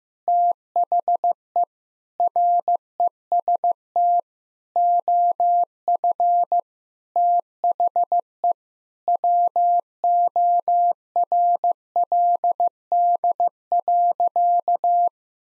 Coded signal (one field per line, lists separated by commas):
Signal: Morse code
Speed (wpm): 15 wpm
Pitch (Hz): 700 Hz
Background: none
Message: THE REST OF THE WORLD.